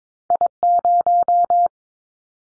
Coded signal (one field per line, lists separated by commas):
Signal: Morse code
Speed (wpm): 22 wpm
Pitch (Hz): 700 Hz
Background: none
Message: I0